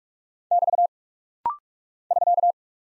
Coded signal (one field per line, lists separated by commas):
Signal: Morse code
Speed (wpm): 44 wpm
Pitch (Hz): 700 Hz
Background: none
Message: <BT> <SK>